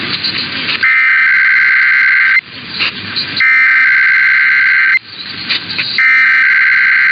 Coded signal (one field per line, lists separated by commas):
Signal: Emergency Alert System (SAME) tones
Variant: header bursts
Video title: EAS #131-133 - Sunday Weekly Tests (2/11/24)